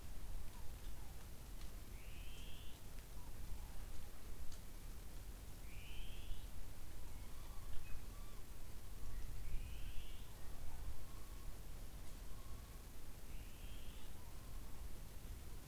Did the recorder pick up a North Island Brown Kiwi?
no